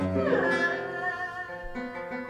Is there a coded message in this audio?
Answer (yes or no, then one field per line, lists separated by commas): no